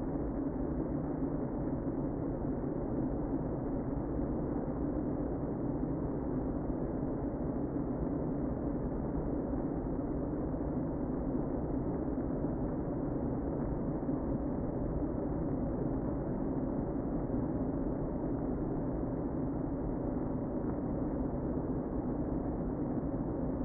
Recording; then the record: honeybee colony, microphone inside the hive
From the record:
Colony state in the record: queen present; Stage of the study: before two queens were removed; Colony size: about 60,000 bees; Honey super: yes